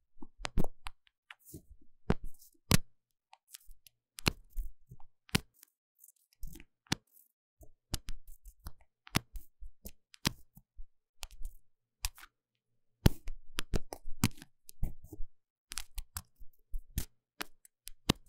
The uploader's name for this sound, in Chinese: 麥克風耳朵深度清潔